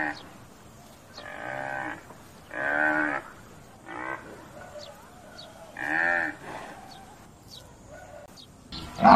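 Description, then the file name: Water buffalo calf giving repeated short bleating calls every one to three seconds, some louder than others. "Tieng nghe keu"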